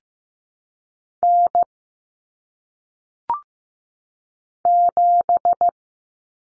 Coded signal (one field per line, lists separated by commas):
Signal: Morse code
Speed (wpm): 15 wpm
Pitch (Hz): 700 Hz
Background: none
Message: N 7